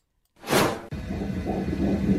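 A fast fetal heartbeat heard through a Doppler monitor. The unborn baby is a girl.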